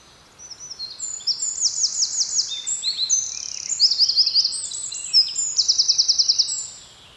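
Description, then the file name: Eurasian wren pouring out a vigorous song of high, sharp notes and rattling trills for roughly six seconds, with a fast trill toward the close. "Troglodytes troglodytes"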